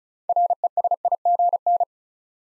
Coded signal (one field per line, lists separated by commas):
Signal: Morse code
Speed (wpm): 36 wpm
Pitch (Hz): 700 Hz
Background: none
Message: RESIGN